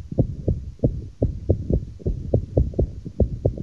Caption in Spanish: Cuando el paciente, por un problema eléctrico, que la arteriosclerosis, la presión que tiene él, nos preguntó, dañan el sistema eléctrico, entonces el corazón pierde ritmo, se empiezan a producir sonidos anormales. Uno de los tantos tipos de arritmia que hay. Parece el galopar de un caballo. Esto es una arritmia. El corazón perdió ritmo. El corazón dejó de latir con su ritmo normal.